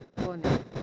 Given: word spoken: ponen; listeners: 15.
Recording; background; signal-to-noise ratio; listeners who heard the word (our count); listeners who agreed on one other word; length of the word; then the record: one Spanish word in noise, from a listening test; noise modulated by one talker; -10.1 dB; 0 of 15; 10 of 15; 0.43 s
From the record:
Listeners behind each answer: 10, 2, 1, 1, 1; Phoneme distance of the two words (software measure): 7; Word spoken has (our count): 2 syllables, 5 phonemes, stress on syllable 1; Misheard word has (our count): 2 syllables, 4 phonemes, stress on syllable 1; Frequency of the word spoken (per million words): 36.54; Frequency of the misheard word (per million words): 96.25